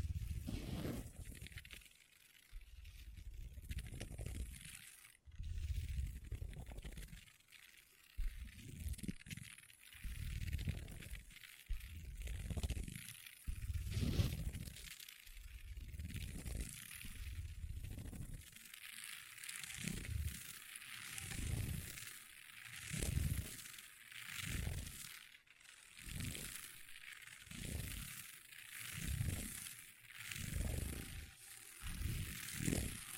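Long nails tap and scratch on a table in repeated low thumping bursts with bright scratchy hiss, speeding into a steady rhythm after twenty seconds.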